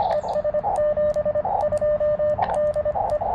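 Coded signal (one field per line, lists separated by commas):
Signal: Morse code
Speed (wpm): 24 wpm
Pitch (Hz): 590 Hz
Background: radio noise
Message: ES 72 DE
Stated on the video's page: Morse from a Parks on the Air activation using a KX2, on a band other than 40m, with slow activity.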